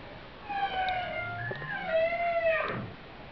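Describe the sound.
Whale calls: drawn-out tonal calls rich in overtones, the second louder, ending in a sharp downward sweep, over background noise.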